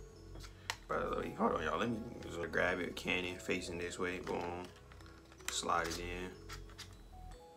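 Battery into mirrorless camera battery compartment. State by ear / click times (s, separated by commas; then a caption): not seated / none. A battery is being slid into the battery compartment of a mirrorless camera while someone talks over faint background music. Sharp handling taps occur around 0.7 s and a few softer ones near 5.0 to 5.3 s. The battery has not seated or clicked into place yet.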